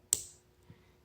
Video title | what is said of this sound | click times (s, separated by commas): Vostok Branded Mesh Strap Review - Vintage to the Core! | your hook there you can actually close the clasp and you'll hear it click in and then | 0.1 s